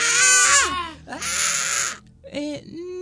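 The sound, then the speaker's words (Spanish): A voice imitates the frantic, wild screaming of an elderly woman heard by the transbordador at Plaza Mariano Moreno: three loud, strained, high-pitched wailing cries with rough, raspy edges, the last one shorter and trailing off, with no other sound around them. “Subo la escalera de lo que es el transbordador y voy caminando y voy escuchando así unos gritos medio desaforados.”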